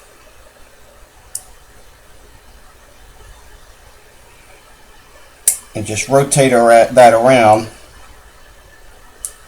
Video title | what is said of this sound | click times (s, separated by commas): ETA 2824 2 mainspring change 2 | it snaps in and | 9.2 s